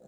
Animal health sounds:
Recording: pig call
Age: piglet (1 to 25 days)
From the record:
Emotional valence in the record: negative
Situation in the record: short isolation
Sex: male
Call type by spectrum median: low-frequency call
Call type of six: low-frequency tonal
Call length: 0.08 s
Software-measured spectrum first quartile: 231 Hz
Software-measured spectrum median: 457 Hz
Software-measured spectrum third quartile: 655 Hz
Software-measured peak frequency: 505 Hz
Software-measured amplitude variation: 64 dB a second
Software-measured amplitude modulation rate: 6.2 a second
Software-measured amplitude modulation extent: 10.3 dB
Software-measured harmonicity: 3.5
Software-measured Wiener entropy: 0.08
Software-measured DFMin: 1195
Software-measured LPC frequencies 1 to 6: 562, 4034, 6386, 7520, 8701, 9777 Hz

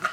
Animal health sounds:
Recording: pig call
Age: piglet (1 to 25 days)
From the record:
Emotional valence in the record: positive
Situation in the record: before nursing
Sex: female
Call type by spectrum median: low-frequency call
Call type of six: low-frequency tonal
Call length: 0.13 s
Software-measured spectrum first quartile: 1224 Hz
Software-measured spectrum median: 1422 Hz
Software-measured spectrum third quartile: 1958 Hz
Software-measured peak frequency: 1414 Hz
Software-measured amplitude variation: 234 dB a second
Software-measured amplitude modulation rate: 15.8 a second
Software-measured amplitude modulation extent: 14.9 dB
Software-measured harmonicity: 4.0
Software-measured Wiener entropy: -1.31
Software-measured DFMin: 1052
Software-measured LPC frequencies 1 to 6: 1346, 2786, 4018, 5524, 6163, 7612 Hz

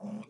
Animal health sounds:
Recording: pig call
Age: piglet (1 to 25 days)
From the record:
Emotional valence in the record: negative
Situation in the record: long isolation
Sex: male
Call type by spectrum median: low-frequency call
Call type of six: mixed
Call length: 0.30 s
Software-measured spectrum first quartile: 206 Hz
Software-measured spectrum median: 266 Hz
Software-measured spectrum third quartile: 687 Hz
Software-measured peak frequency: 209 Hz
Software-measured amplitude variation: 178 dB a second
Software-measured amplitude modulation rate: 16.7 a second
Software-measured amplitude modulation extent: 10.6 dB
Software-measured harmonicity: 7.8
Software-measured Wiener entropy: -0.42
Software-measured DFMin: 1005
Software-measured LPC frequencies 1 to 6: 2397, 3244, 5079, 5978, 7397, 8500 Hz

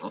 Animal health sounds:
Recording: pig call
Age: piglet (1 to 25 days)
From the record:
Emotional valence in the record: negative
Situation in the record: fighting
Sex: male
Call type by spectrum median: low-frequency call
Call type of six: low-frequency tonal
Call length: 0.11 s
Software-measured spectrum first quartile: 366 Hz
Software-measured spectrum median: 654 Hz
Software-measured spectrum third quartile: 1131 Hz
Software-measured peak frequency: 212 Hz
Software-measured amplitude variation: 116 dB a second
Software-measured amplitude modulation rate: 14.0 a second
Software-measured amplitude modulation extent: 8.3 dB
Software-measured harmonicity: -0.5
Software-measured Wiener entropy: -0.45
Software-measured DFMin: 1048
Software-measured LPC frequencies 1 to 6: 475, 994, 2700, 3549, 4892, 6046 Hz

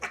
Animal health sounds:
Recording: pig call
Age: piglet (1 to 25 days)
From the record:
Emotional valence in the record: positive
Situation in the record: after nursing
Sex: female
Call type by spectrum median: low-frequency call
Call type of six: low-frequency stable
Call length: 0.10 s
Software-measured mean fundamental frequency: 121 Hz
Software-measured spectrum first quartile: 1141 Hz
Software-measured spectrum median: 1873 Hz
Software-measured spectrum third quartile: 2549 Hz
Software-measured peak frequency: 2316 Hz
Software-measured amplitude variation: 121 dB a second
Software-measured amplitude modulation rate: 4.8 a second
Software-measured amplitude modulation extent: 25.2 dB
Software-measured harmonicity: -0.7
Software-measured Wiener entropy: -0.88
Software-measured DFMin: 485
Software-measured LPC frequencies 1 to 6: 787, 1421, 2345, 4124, 5691, 6556 Hz

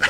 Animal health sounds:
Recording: pig call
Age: piglet (1 to 25 days)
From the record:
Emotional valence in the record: positive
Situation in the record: after nursing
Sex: female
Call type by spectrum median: low-frequency call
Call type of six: high-frequency stable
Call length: 0.10 s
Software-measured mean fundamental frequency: 286 Hz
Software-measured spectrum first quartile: 1453 Hz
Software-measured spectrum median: 1833 Hz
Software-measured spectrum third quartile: 2592 Hz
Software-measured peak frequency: 1458 Hz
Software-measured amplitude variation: 140 dB a second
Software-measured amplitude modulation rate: 5.0 a second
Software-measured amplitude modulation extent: 28.0 dB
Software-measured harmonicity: 2.3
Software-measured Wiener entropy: -1.33

